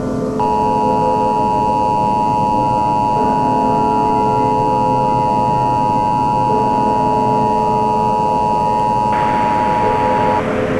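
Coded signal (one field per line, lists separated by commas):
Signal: Emergency Alert System (SAME) tones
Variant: 853 and 960 Hz attention tone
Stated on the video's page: Fictional EAS scenario, a mock.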